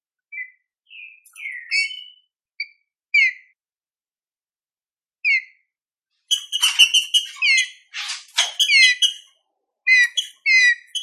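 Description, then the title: Green-winged saltator song: scattered short slurred whistles at first, then a dense burst of rapid, overlapping whistled and harsher notes, ending in quick paired phrases. Classic song style (canto clássico), used for training birds. "Canto Clássico Trinca Ferro TREINAMENTO"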